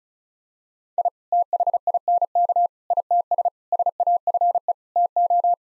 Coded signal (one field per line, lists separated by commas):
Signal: Morse code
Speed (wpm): 36 wpm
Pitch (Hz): 700 Hz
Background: none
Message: I THINK ITS SAFE TO